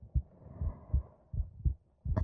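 An adult's heartbeat heard through a microphone held against the chest. Normal heart sounds.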